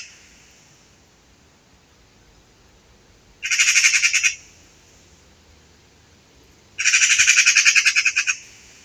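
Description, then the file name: Eurasian magpie giving two loud bursts of dry, machine-gun-like chattering a few seconds apart, the second longer. "Pica pica"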